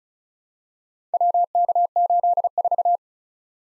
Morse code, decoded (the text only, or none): WK84